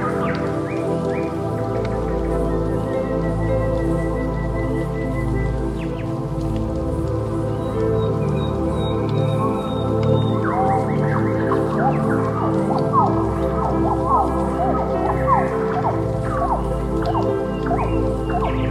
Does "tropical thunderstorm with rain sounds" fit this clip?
no